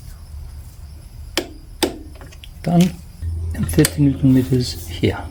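A torque wrench set to 23 Nm tightens a rear shock absorber mounting bolt on the frame of a Yamaha XJR 1200 motorcycle during a rear shock absorber replacement. The wrench gives a sharp click at 1.4 s, followed by another sharp hit at 1.8 s. Someone then talks, and the bolt is done at 23 Nm.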